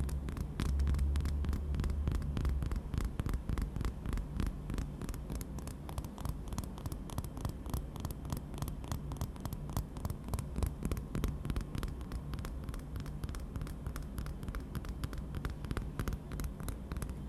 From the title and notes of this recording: ASMR TAPPING on Dark things 黒いものにタッピング.